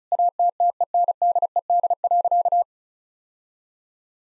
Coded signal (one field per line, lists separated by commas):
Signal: Morse code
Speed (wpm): 36 wpm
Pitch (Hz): 700 Hz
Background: none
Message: ATTENDED.